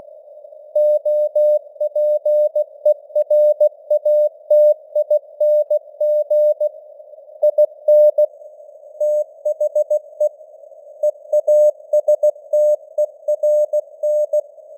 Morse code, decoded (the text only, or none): OPERATING IN THE EASTERN